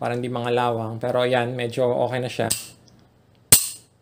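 Someone talks, then a 3D-printed plastic +2 magazine baseplate is pushed onto a pistol magazine body. A sharp, loud snap rings out at 3.5 s as the baseplate locks into place, seated.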